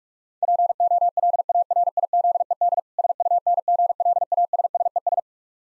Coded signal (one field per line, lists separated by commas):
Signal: Morse code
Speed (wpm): 46 wpm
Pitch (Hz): 700 Hz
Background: none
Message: POLARIZED SUNGLASSES